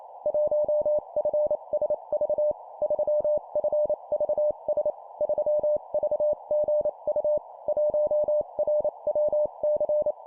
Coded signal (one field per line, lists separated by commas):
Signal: Morse code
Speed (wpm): 28 wpm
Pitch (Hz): 600 Hz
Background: none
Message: 1FSV 3FVS 3VGU 1RWC